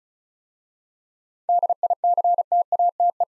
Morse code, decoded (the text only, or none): DICTATE